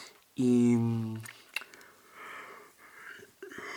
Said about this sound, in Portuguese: Vou bocejar tanto. Desculpem, espero que não ouçam isto de manhã e depois também fiquem com sono.